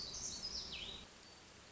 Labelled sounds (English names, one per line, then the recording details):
Black-throated Gray Warbler
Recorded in Sonoma County, California